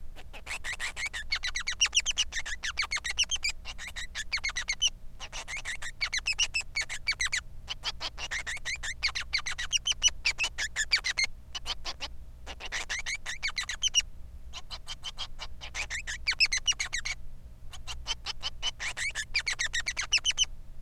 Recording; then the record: song of a male Bengalese finch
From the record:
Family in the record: son of father 3